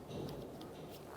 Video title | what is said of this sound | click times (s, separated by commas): How to Replace Windshield Wiper Blades 2005-2021 Nissan Frontier | so you're going to slide it right in and you'll hear it click | 0.3 s, 0.6 s